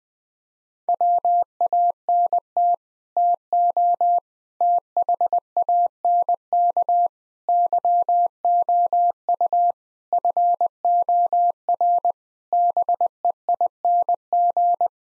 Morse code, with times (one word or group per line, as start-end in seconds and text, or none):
0.9-2.7 WANT
3.2-4.2 TO
4.6-7.1 THANK
7.5-9.7 YOU
10.1-12.1 FOR
12.5-14.9 BEING